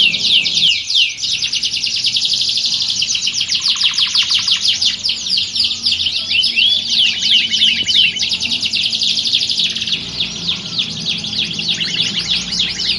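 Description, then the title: Belgian canary song, rapid high trills rolling on unbroken, with a short low buzzy rattle near four seconds. Belgian canary song used to warm up birds and build their mental readiness for singing contest training. "Canto Para Esquentar Canário Belga. Simulasi Lomba Kenari. Suara Kenari Lomba. Melatih Mental Kenari Juara"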